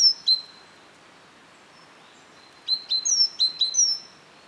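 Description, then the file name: Great tit calls: a couple of thin, high, sharp notes at the start, then after a silent gap a quick run of bright clipped notes. "Parus major"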